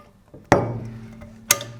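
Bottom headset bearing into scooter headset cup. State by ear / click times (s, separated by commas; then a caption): seated / 0.5 s, 1.5 s. The bottom headset bearing of a kick scooter is slid onto the fork and into the steel headset cup, giving a faint tap at 0.3 s and then sharp metallic clicks at 0.5 s and 1.5 s, the first leaving a low ringing tail. The bearing is seated flush against the headset cup.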